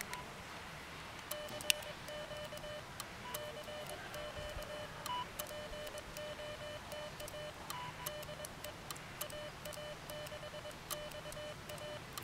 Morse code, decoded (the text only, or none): CQ CQ POTA DE AA6XA